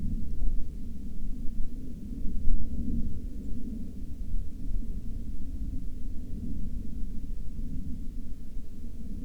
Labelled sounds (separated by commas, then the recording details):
aircraft
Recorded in the Prudhoe Bay oil fields, Alaska, on 27 July 2019 at 13:51
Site 13